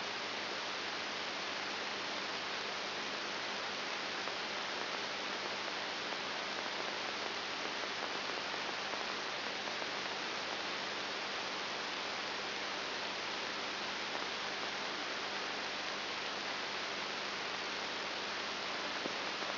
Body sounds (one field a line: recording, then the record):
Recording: brain microelectrode recording played as sound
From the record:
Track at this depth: inside the subthalamic nucleus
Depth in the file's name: 5.901 mm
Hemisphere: left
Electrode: 3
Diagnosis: Parkinson's disease